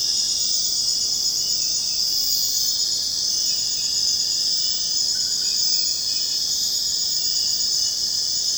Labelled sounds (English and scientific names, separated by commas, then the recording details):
none
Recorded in secondary vegetation near Puerto Asís, Putumayo, Colombia, on 29 June 2025 at 22:00
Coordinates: 0.484, -76.319
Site G074